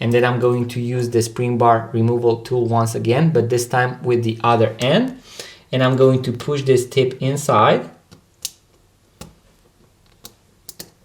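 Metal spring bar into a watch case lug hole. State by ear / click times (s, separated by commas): seated / 10.7 s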